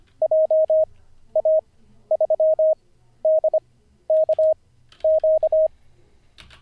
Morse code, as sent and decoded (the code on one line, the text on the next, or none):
.--- .- ...-- -.. -.- --.-
JA3DKQ